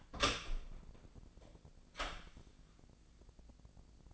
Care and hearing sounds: daily activity, microphone in the room; open door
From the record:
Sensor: 5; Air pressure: 1009.3 hPa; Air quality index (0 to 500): 165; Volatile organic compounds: 2 ppm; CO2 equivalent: 1259 ppm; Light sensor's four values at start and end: 124/291/126/136 and 124/291/126/136

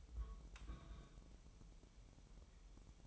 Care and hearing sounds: daily activity, microphone in the room; place on stove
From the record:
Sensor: 1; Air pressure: 988.3 hPa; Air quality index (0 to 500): 202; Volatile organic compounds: 1000 ppm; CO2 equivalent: 5416 ppm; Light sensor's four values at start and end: 26/97/37/39 and 26/97/37/38

